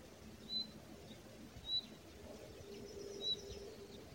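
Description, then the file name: Common nightingale giving three clear, high whistles spaced over a second apart, with faint low rumble behind. "Luscinia megarhynchos"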